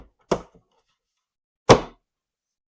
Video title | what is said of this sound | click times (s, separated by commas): VEVOR 4-Tier Kids Wooden Bookshelf, Six-Layer Sling Bookcase, Book Toy Organizer Cabinet | You'll kind of hear it and feel it kind of snap into place there. | 0.3 s